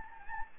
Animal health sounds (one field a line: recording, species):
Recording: mosquito wingbeat signal from an infrared sensor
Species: Anopheles gambiae